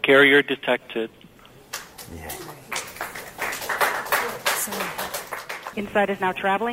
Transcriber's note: applause